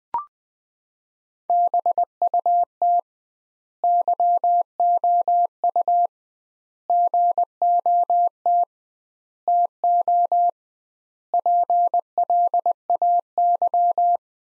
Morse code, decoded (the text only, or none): BUT YOU GOT TO PLAY